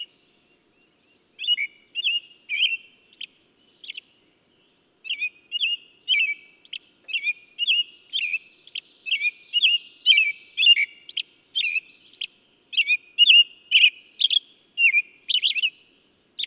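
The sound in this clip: Bird song: clear, quick chirps and twitters, starting sparse then quickening into a busy chattering run of high notes against quiet background.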